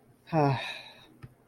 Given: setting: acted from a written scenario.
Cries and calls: vocal sound without words; contentment

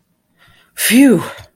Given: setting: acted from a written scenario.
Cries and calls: vocal sound without words; relief

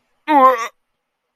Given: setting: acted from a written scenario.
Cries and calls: vocal sound without words; disgust

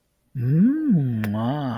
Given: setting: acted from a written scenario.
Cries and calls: vocal sound without words; romantic love

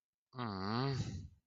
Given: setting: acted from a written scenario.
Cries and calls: vocal sound without words; adoration

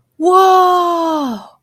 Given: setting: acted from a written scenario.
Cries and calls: vocal sound without words; awe

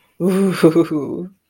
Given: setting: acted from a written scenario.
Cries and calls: vocal sound without words; contentment

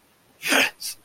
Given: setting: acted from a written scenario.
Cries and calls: vocal sound without words; triumph

